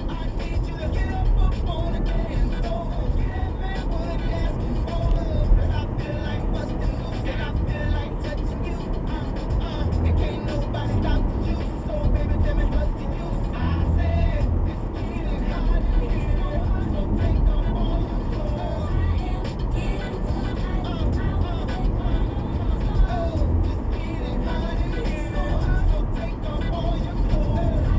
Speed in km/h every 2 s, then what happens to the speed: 63, 64, 71, 71, 72, 72, 69, 69, 69, 71, 72, 74, 72, 72.
0-4 speeds up to 71. 4-28 steady at about 71.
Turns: none.